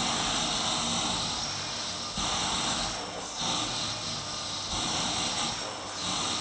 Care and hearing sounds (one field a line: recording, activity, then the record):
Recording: daily activity, microphone in the room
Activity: vacuum cleaning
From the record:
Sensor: 3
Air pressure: 991.8 hPa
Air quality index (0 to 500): 196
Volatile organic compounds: 1000 ppm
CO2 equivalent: 6627 ppm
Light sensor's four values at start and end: 20/64/26/22 and 17/55/22/20